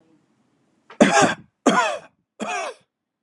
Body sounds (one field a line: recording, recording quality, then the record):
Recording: heavy voluntary cough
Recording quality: excellent, no background noise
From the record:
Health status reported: healthy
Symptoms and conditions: none ticked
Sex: male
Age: 29 years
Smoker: not ticked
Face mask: not worn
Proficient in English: yes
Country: United States